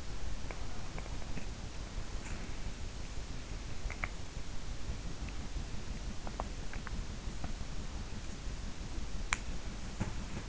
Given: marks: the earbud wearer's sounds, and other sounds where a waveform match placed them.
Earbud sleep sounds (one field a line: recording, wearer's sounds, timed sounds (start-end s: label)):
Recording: sounds in sleep by an in-ear microphone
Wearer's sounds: body movement, swallowing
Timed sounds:
0.00-10.49 s: body movement
6.21-7.55 s: swallowing